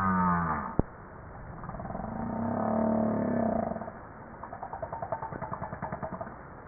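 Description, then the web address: Humpback whale sounds: a brief harmonic moan and a click, a long droning tone, then a rapid series of pulsed knocks, several per second. "JASA 2013 Blue Bowhead Fin Humpback Southern Right Whale humpback"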